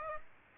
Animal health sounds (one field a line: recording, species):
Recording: mosquito wingbeat signal from an infrared sensor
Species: Aedes aegypti